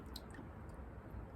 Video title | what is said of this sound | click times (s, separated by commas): NAPA LED headlight install and review! | And then you just put this in place and twist it so it locks in. You can feel it click. | 0.2 s